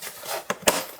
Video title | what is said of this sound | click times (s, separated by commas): Is the HOTO Toolkit at Costco for $40 Worth It? 🔧 Honest Review! | this snaps all in here. So, it's it's it's a nice kit that snaps right in. | 0.5 s, 0.7 s